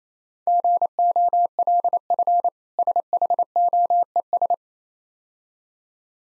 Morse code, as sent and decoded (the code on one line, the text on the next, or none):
--. --- .-.. ..-. / ... .... --- . ...
GOLF SHOES